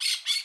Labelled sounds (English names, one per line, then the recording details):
Brown-throated Parakeet contact call
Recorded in Curacao
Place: Hoffi Jan Thiel
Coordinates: 12.094, -68.877